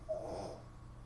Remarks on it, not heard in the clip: You can hear a dog snoring in the background.